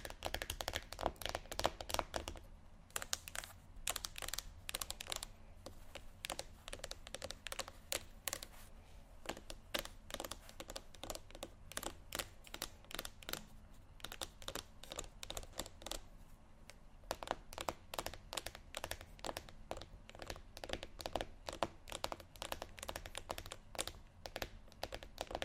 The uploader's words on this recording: ASMR Tapping Only Sleep Time（No Talking）.